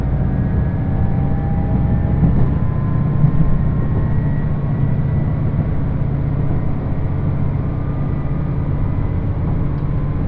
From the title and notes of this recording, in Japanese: 予讃線特急宇和海5号 松山→伊予大洲。伊予市から西は非電化区間なのでディーゼル特急となります。TSE2000系の特急宇和海5号は2両編成。窓側座席をキープしました。